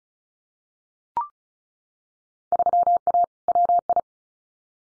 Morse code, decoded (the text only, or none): 3A WI